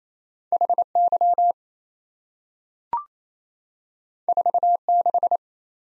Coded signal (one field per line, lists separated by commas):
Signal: Morse code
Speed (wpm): 27 wpm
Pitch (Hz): 700 Hz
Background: none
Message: HY 46